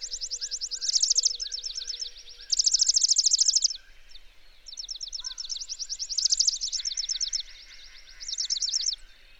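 Bird song with rapid high trills in several loud bursts, softer overlapping chatter, and a few brief lower whistled notes.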